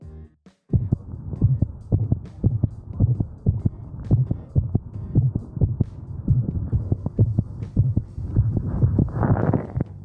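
Normal dog heart sounds heard by stethoscope: a louder, stronger first heart sound from ventricular contraction, followed by a softer, lower and shorter second heart sound from ventricular relaxation, in a steady regular rhythm.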